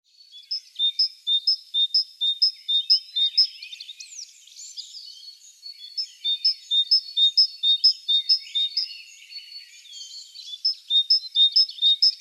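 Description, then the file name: Great tit repeating a clear two-note whistled phrase, broken midway by a burst of mixed chirps, then the same see-saw rhythm returns steadily. "Parus major"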